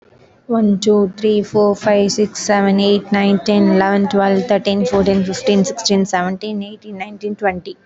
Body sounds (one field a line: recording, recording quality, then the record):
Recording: counting at a fast pace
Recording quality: excellent, no background noise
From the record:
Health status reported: healthy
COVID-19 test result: not tested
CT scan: not taken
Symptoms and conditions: none ticked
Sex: female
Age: 24 years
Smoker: no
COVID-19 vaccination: both doses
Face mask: worn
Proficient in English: yes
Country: India